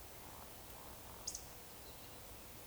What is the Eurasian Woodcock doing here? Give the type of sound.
whistle, croak